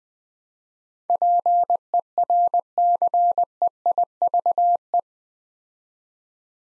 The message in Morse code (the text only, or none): PERCEIVE